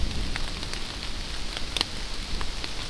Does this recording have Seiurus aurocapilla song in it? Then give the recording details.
no. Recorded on 24 June 2016 at 07:25. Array SBT-6-76